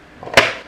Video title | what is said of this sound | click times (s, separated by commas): Tutorial Cara Memasang Sync Belt Mixer Grande Turbo EHM9595 Versi 2 | Setelah safety suite terpasang, kita coba dulu untuk buka tutup apakah terdengar bunyi klik pada bagian safety suite. | 0.4 s